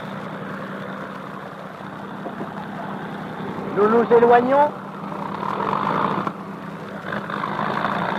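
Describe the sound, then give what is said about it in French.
The four propeller engines of an airliner start up, the two inner engines first and then the two outer ones, and run with a steady, dense droning roar and a low, constant hum beneath it, while a man briefly speaks over the noise midway through. “Les deux moteurs intérieurs viennent de se mettre en marche, puis les deux moteurs extérieurs.”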